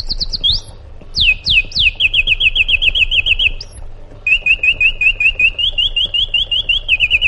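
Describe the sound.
Sooty-headed bulbul giving sharp downslurred whistles that run into a fast trill, then a steady series of short rising whistled notes, with a low hum in the background.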